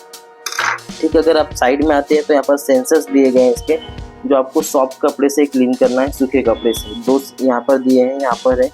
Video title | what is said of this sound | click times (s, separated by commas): Dreame X40 Robotic vacuum cleaner ke charging base aur device ko clean kaise karen | लेकिन इसमें से आवाज आएगा जब आप लॉक करोगे तो। वो ध्यान दीजिएगा कि लॉक हो गया है। | 0.5 s